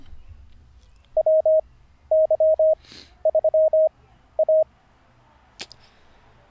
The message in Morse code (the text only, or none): WY3A